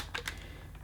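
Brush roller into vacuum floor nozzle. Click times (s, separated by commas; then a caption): 0.1 s, 0.3 s. A hefty brush roller is fitted into the 80-watt power floor nozzle of a Shark Powered Lift-Away Upright Vacuum Cleaner AX950UKT. Two soft clicks sound at about 0.2 s and 0.3 s, followed by faint quieter ticks. The brush roller locks in place.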